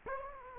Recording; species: mosquito wingbeat signal from an infrared sensor; Culex quinquefasciatus